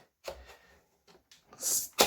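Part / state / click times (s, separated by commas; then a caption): moving latch part in a toy foam-dart blaster / not seated / none. A part of a rebuilt toy foam-dart blaster, made of plastic and partly 3D-printed, is pushed to make it latch. Soft scraping and brief knocks are heard, with small sharp sounds near 1.3 and 1.5 seconds, followed by a louder hiss and a final thud. Nothing has latched or clicked into place yet.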